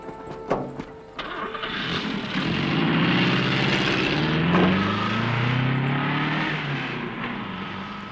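A couple of sharp knocks as Oleynikov gets into a car, then its engine roars up and accelerates, its whining pitch climbing in waves over a steady loud rumble before easing off slightly at the end.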